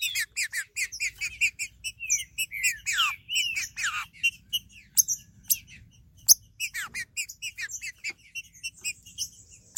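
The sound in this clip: Green-winged saltator singing a dense, hurried stream of chirps and slurred downward notes, with brief gaps and a low rumble underneath.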